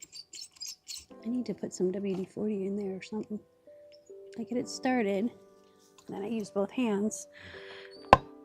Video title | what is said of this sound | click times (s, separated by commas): START TO FINISH Forest Friends Junk Journal build WITH FREEBIE! Junk journal 8 of 30! | and I push it down and you hear it pop. | 8.1 s